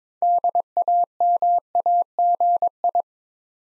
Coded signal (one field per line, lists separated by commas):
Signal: Morse code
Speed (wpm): 22 wpm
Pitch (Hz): 700 Hz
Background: none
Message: DAMAGI